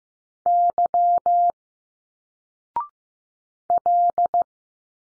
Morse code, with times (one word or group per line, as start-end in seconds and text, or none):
0.5-1.5 Y
3.7-4.4 L